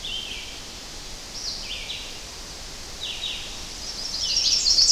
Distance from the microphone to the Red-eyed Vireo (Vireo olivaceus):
about 45 m